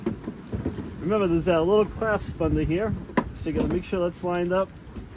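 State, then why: Not seated. Someone talks while the headlight assembly of a 2007-2009 Kia Sorento, which is held by three 10 mm bolts and removed for front marker/parking light bulb access, is lined up with the little clasp underneath so it can snap into its rear body clip. Faint handling noise sits under the voice, with a brief sharp hit around 3.2 s. Nothing has seated or clicked yet.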